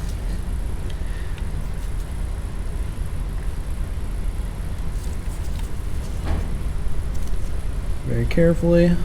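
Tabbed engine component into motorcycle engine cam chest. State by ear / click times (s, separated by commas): not seated / none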